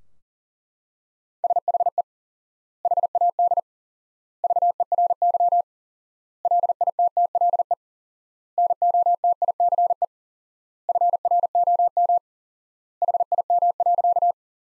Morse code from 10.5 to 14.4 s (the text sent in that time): FROM HIM.